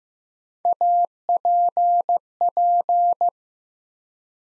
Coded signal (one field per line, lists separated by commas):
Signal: Morse code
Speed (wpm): 15 wpm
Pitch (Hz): 700 Hz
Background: none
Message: APP